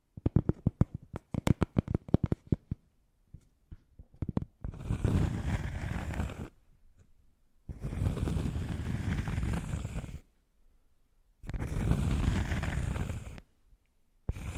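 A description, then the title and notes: Close, muffled sounds as if inside the ear: sharp clicks and pops for four seconds, then long rushing, rumbling bursts with silent gaps between. ASMR Sleep Sounds Inside Your Ears! (No Talking).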